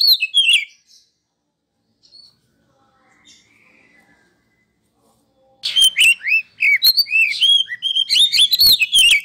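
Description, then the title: Oriental magpie-robin song: a short whistled phrase, several quiet seconds, then an energetic run of varied whistles, sharp chips and slurred notes. Masteran (training) recording of a kacer, played to provoke other kacer into singing vigorously (gacor); reported as having made a kacer into a champion. "Masteran Kacer Yang Sukses Memancing Kacer Gacor Sampai Jadi Juara"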